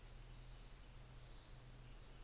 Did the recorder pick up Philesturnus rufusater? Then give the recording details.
no. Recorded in New Zealand on 24 December 2018. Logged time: 13:10